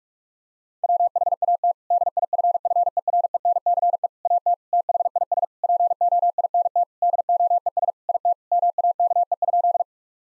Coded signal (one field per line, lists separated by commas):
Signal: Morse code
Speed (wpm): 46 wpm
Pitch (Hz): 700 Hz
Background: none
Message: WHAT DIFFERENCE AT THIS POINT DOES IT MAKE?